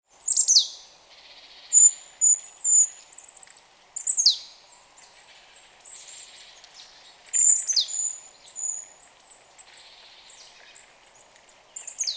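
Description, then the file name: Marsh tit giving sharp, very high notes that sweep steeply downward, in short clusters, with thin high whistles between them. "Poecile palustris"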